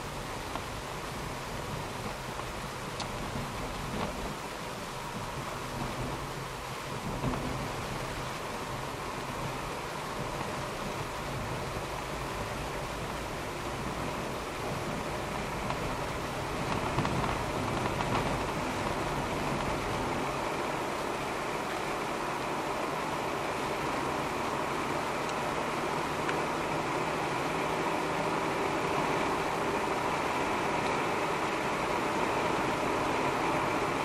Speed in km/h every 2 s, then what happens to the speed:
49, 49, 49, 49, 50, 53, 57, 60, 64, 67, 70, 73, 76, 79, 82, 84, 87.
0-9 steady at about 49. 9-34 speeds up to 87.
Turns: none.